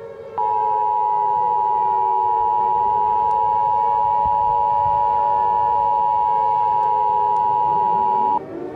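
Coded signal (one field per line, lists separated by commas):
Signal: Emergency Alert System (SAME) tones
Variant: 853 and 960 Hz attention tone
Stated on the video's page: Fictional EAS scenario, not a real alert.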